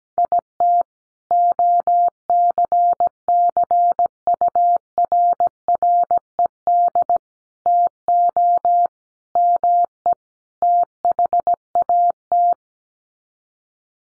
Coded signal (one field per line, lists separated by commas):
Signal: Morse code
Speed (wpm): 17 wpm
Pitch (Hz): 700 Hz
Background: none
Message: IT OCCURRED TO ME THAT